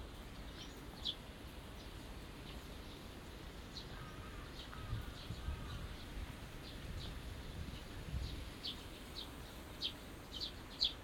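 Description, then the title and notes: Small birds chirping, short high notes scattered irregularly, with a few lower soft notes midway, over a steady low background hum. Birds singing in a small garden in a corner of Yushima Tenjin shrine, Tokyo, surrounded by buildings, after rain; binaural. "小鳥のさえずり、雨上がりの庭園にて（Binaural）- Birds singing in the garden. 湯島天神の片隅にある小さな庭園で録音しました。"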